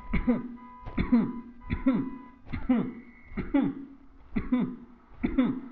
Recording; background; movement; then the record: voluntary coughing; traffic; sitting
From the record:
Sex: male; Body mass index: 22.0 kg/m2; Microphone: on the chest, facing the body